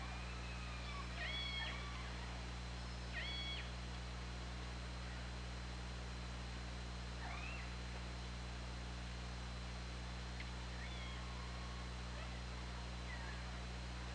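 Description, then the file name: Killer whale calls, several brief harmonic calls spaced a few seconds apart, some sharply stepped in pitch, over a constant low hum and hiss. Recorded by OrcaLab hydrophone underwater on 24 August 2017 at 20:43. "Orca Lab 20170824 204355"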